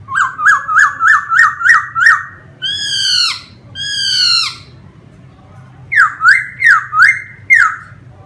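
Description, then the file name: Laughingthrush song of rapidly repeated whistled notes, a few longer buzzy downslurs, a pause, then another series of loud whistles over a low hum. Song described as 'giong rung', wild voice style. "Tieng khuou hot giong rung"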